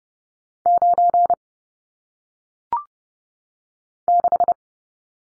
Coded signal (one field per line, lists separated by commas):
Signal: Morse code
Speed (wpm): 30 wpm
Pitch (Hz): 700 Hz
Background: none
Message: 9 6